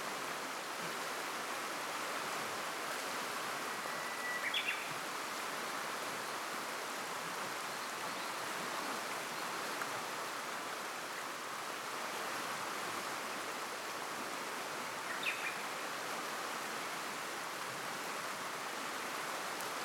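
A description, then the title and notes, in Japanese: A river flows in a steady, dense rush of water that never lets up across the whole clip, bright and hissing with little deep rumble. Two short chirps of a bird cut through near five and fifteen seconds. この美しい川の流れ。多摩川の美しすぎる支流、秋川。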